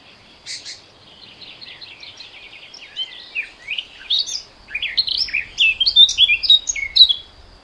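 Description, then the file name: Eurasian blackcap warbling: a soft, hurried chatter swells into loud, bright whistled phrases that tumble up and down in pitch near the end. "Sylvia atricapilla"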